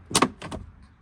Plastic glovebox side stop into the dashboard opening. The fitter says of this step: it's in right it clicked in back got locked in over there see that